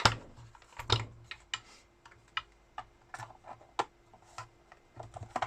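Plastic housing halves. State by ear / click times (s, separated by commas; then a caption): not seated / none. After new cells are fitted, the two plastic housing halves of a repaired power bank are pressed together and shifted slightly to engage the snap latches, giving a series of sharp, clicky plastic hits over about 5.5 seconds. The case fails to close, and none of the latches has seated or clicked into place.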